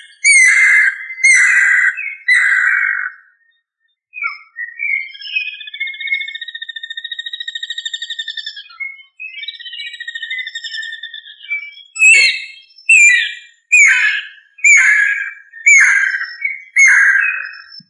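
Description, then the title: Bird song: loud bursts of harsh, scratchy phrases, then a long buzzy trilled passage of rapid pulses, followed by more loud ringing, scratchy phrases after a brief click. "LuckyPassaro Completos2Sama"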